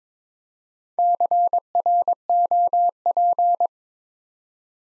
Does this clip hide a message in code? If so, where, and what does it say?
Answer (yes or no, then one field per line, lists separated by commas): yes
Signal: Morse code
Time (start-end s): 1.0-3.7 s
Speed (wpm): 23 wpm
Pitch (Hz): 700 Hz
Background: none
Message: CROP